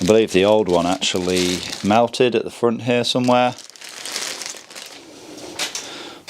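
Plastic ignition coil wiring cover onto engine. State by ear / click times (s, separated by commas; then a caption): not seated / none. Someone talks for the first few seconds, then a new plastic front cover for the ignition coil wiring is handled and positioned over the coils on a Mini Cooper N14/N18 engine during a rebuild, with crinkling and rustling sounds from about 4.2 s onward. The cover is lined up before clipping, and nothing has clicked or seated yet.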